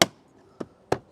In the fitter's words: then you push it Forward see until it clicks